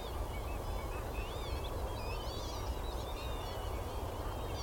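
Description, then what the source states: Northern lapwing flock calling, scattered wheezy up-slurred and wavering whistles overlapping, with a constant low rumble underneath. Lapwing song from a flock of about 100 lapwings, all whooping, on a wild mudflat of the winter marshes on the Somerset coast.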